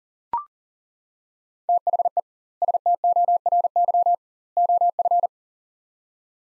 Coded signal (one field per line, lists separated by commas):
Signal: Morse code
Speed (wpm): 37 wpm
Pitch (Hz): 700 Hz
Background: none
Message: THE STORY OF